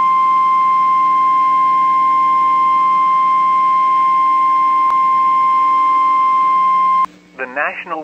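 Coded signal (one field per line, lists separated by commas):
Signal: Emergency Alert System (SAME) tones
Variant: 1050 Hz attention tone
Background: speech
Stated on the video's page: Tornado warning alert from a NOAA weather radio station serving Prairie du Chien, Wisconsin.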